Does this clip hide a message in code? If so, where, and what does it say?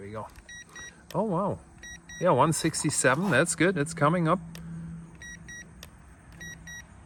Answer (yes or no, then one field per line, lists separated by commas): no